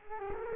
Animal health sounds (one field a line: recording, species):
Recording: mosquito wingbeat signal from an infrared sensor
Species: Culex quinquefasciatus